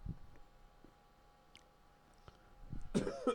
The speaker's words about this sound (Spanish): Bueno, ya empezamos tosiendo.